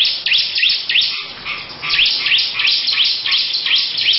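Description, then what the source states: Lovebird song: thin, high rising chirps repeated rapidly in a chattering series. Long ngekek song style.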